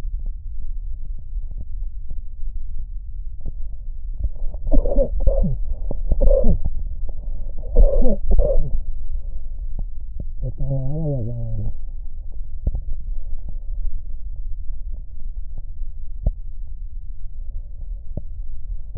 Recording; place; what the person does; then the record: lung sounds by stethoscope; left posterior basal chest; quiet breathing, then cough and speech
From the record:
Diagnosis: COPD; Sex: male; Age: 78 years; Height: 162 cm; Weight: 66.4 kg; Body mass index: 25.3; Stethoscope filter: extended mode